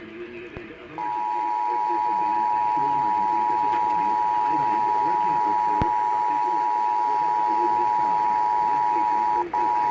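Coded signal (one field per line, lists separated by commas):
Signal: Emergency Alert System (SAME) tones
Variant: 853 and 960 Hz attention tone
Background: speech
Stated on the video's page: Required Monthly Test EAS tones from the Sacramento area.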